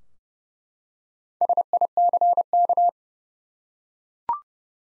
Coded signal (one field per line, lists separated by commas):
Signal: Morse code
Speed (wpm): 30 wpm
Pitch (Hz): 700 Hz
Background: none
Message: SICK